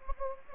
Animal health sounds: mosquito wingbeat signal from an infrared sensor; Anopheles gambiae

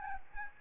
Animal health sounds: mosquito wingbeat signal from an infrared sensor; Aedes albopictus

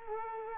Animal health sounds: mosquito wingbeat signal from an infrared sensor; Culex quinquefasciatus

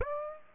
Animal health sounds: mosquito wingbeat signal from an infrared sensor; Aedes aegypti

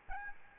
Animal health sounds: mosquito wingbeat signal from an infrared sensor; Aedes albopictus

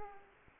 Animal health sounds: mosquito wingbeat signal from an infrared sensor; Culex pipiens

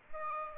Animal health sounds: mosquito wingbeat signal from an infrared sensor; Aedes aegypti

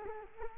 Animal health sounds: mosquito wingbeat signal from an infrared sensor; Culex quinquefasciatus

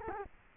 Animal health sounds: mosquito wingbeat signal from an infrared sensor; Culex quinquefasciatus

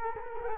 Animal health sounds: mosquito wingbeat signal from an infrared sensor; Culex quinquefasciatus

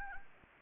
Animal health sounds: mosquito wingbeat signal from an infrared sensor; Anopheles gambiae

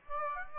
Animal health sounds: mosquito wingbeat signal from an infrared sensor; Aedes aegypti

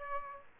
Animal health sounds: mosquito wingbeat signal from an infrared sensor; Aedes aegypti

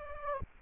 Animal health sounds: mosquito wingbeat signal from an infrared sensor; Anopheles arabiensis

